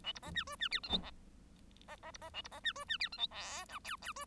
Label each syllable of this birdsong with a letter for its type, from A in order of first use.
A B C D E D F G H C C C B C A B C D E D F G H I J K K E